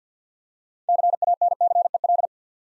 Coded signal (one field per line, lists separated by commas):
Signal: Morse code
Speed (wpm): 50 wpm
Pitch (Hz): 700 Hz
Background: none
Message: CANCEL